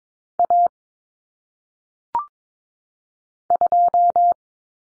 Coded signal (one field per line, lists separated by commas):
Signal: Morse code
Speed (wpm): 22 wpm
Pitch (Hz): 700 Hz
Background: none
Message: A 2